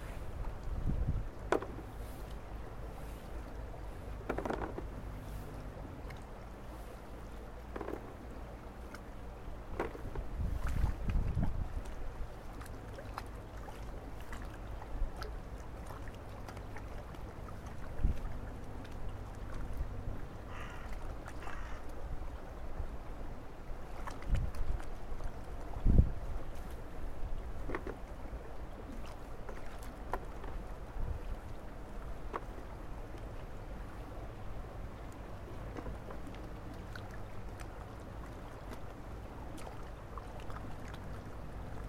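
Carrots are washed at a spring-water washing spot, with a steady low rush of running water underneath throughout. Irregular knocks, splashes and scrubbing sounds break through every few seconds, strongest around 1, 11 and 26 seconds, with brief rubbing noises near 21 seconds.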